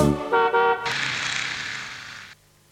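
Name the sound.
car horn honking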